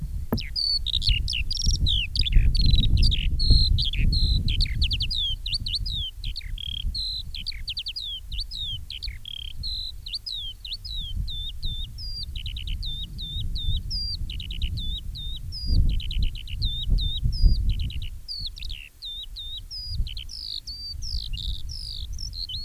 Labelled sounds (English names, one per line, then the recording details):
Eurasian Skylark song
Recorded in the wild
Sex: male
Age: adult
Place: Röttenbach, Bayern, DE
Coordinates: 49.6683, 10.9244
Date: 1964-06-02
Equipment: Original, Vollspur
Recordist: Tretzel, Erwin